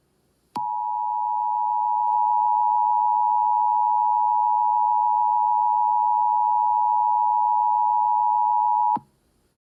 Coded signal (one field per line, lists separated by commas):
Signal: Emergency Alert System (SAME) tones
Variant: 853 and 960 Hz attention tone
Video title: Terror Dogs: An EAS Horror Scenario (Non Age-Restricted Version)